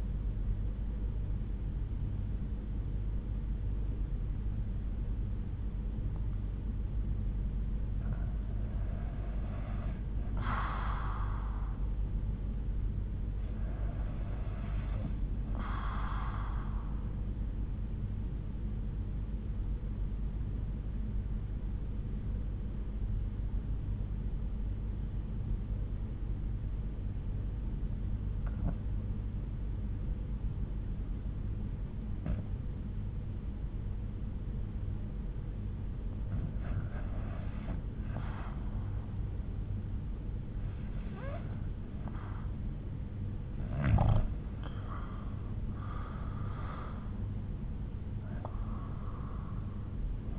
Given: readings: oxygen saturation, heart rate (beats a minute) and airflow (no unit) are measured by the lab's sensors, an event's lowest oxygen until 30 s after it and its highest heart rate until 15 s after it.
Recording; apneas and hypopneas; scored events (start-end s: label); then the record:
breathing in sleep by a smartphone at the bedside; 1
23.00-37.60 s: obstructive apnea (REM, oxygen 93% highest, then 81% lowest, heart rate 67 at the start, 78 highest)
From the record:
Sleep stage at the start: REM sleep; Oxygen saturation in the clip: 75 to 93%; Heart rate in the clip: 66 to 78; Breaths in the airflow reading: 6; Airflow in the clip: -8.9 to 9.8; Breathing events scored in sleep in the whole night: 368 in 8.0 hours asleep